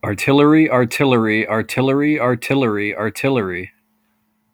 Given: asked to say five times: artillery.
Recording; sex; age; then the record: repeated word; male; 30 to 39 years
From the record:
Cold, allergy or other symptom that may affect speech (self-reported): no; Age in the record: 39 years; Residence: Pennsylvania, United States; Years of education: 16